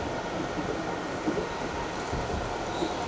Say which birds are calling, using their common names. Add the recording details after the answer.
none. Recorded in shrubland near Pivijay, Magdalena, Colombia, on 13 April 2023 at 15:00. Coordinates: 10.453, -74.365. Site P5-G022